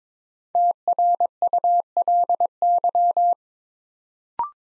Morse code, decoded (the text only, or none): TRULY